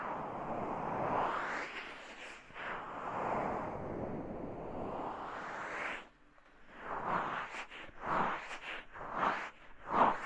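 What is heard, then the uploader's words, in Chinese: Foamy rubbing and swishing right against the ear, a dense crackly rush that swells and fades in long slow strokes for the first six seconds. After a brief near-silence, shorter, sharper brushing passes return about once a second, ending with a louder scrape. ASMR×KU100。泡沫感耳朵按摩 | Ear Massage。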